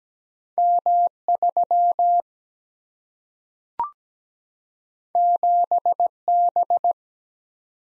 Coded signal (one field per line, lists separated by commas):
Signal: Morse code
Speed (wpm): 17 wpm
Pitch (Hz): 700 Hz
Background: none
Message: M 3 7 B